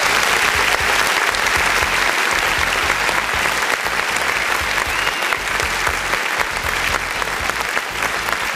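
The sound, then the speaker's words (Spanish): Sustained applause from a group for a couple who have just become parents again, a dense steady crackle of many hands clapping at an even, fairly loud level for several seconds without a break. “Oye, tengo de inmediato que darles un aplauso.”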